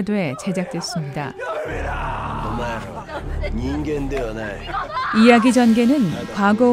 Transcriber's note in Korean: 효과: 귀향